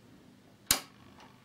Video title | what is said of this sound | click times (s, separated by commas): 1008 Bernina Basics (2020) | there's only one place that can go there's a lovely cutout and you'll hear it click and you | 0.7 s